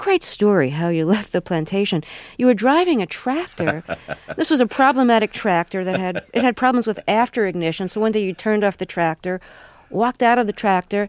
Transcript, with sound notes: It's a great story, how you left the plantation. You were driving a tractor. (Laughter) This was a problematic tractor that had - it had problems with after ignition. So one day, you turned off the tractor, walked out of the tractor.